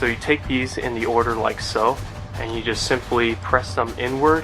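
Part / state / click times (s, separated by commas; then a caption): plastic connector pin into side of a toy brick base plate / not seated / none. Someone talks while handling blue plastic LEGO connector pins, getting ready to press them inward into the side of a plastic base plate. No click is heard; the pins have not snapped or seated yet.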